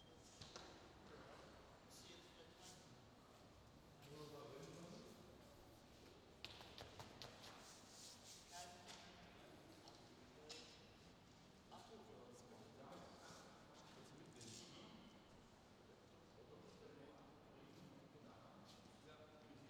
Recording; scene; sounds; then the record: everyday scene through a hearing-aid microphone; reverberant space; background noise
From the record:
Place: railway station hall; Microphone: in the ear canal, left